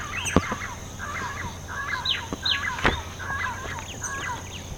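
Bird calls given as a rapid run of short, chattering chirps repeated several times, with a constant high whine and low hum behind.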